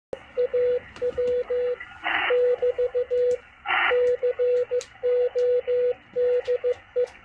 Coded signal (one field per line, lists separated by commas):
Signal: Morse code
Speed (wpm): 15 wpm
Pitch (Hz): 490 Hz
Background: radio noise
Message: AW <BT> CODE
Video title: W1AW CW DECODE - MACHILITE DSP SDR RECEIVER 12-8-2021